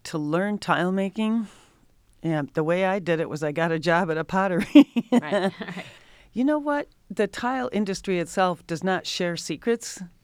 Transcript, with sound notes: To learn tile making, the way I did it was I got a job at a pottery. [LAUGHTER] You know what? The tile industry itself does not share secrets.